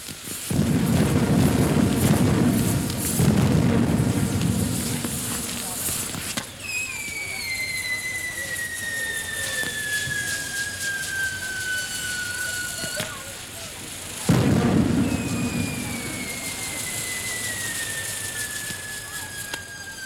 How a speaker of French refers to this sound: Dès qu'elle prononce ces mots, tout le château s'illumine. 1000 bougies éclairent le parc et des feux d'artifice explosent dans le ciel.